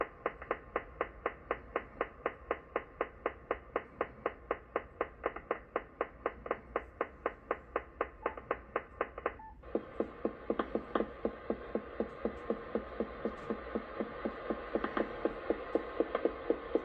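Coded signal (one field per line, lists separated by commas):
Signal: radar signal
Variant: over-the-horizon radar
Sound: steady rapid train of sharp clicks, about four per second, over hiss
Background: radio static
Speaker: this is a radar very strong signal for a radar 194 50ish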